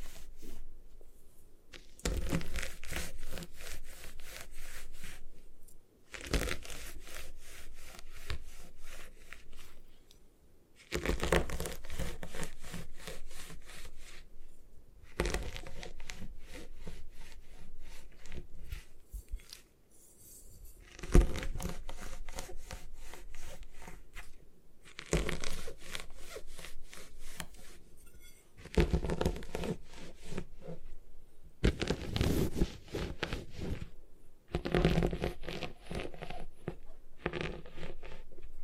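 Gym chalk being crushed and ground in repeated rough, scraping bursts that cover lows and highs alike. The grinding comes in strokes of a few seconds each, with short near-silent gaps between them, for example around 6, 11 and 20 seconds.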